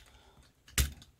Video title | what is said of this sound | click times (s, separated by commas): Papa Toys PPT-02 Fire Engine & PPT-03 Sling Van (INFERNO & GRAPPLE) Review | hear that click and | 0.7 s, 1.0 s